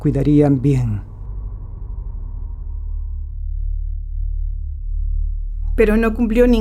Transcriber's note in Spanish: Sonido de vibración grave